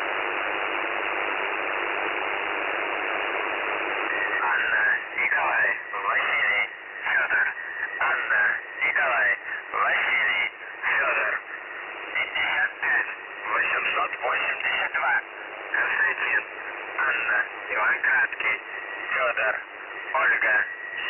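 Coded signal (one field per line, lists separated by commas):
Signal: numbers station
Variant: UVB-76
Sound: a voice reading a short message in clipped bursts over shortwave hiss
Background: radio static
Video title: The Buzzer/UVB-76 Voice Message (December 1, 2020 10:47 UTC)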